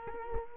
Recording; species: mosquito wingbeat signal from an infrared sensor; Culex quinquefasciatus